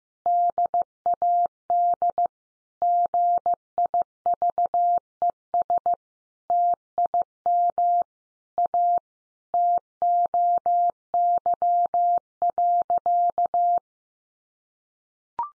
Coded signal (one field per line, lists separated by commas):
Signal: Morse code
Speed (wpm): 15 wpm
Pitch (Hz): 700 Hz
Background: none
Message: DAD GIVES TIM A TOY.